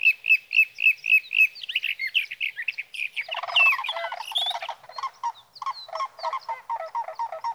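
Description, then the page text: Sage thrasher song, opening with a series of evenly repeated notes, then a jumbled warble, then lower repeated phrases in quick rhythm. Male singing through the night near his night roost, three nights from the evening of June 12 to the morning of June 15, 2018, Sierra Valley, California; Swift recorder. "Sage thrasher songs, through the night. For three nights, from the evening of June 12 to the morning of June 15, 2018, in Sierra Valley, California, I placed a Swift recorder near a male's night roost."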